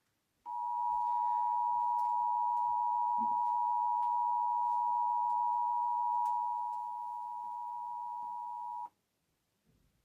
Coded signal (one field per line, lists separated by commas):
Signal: Emergency Alert System (SAME) tones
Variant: 853 and 960 Hz attention tone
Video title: EAS interrupts Lonniedos